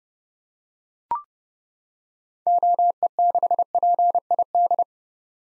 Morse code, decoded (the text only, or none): OE6PID